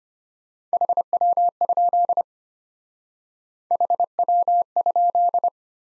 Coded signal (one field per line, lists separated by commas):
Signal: Morse code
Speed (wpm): 30 wpm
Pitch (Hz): 700 Hz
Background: none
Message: HW? HW?